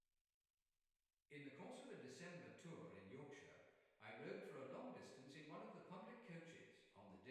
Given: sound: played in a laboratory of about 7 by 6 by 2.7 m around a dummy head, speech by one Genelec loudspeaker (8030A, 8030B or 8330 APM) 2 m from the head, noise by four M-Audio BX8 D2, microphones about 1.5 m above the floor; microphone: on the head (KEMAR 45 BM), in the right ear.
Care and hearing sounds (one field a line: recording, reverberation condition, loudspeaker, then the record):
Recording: male speech in English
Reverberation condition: high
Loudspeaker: 150 degrees to the left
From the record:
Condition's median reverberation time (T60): about 1300 ms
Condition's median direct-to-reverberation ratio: about -4.0 dB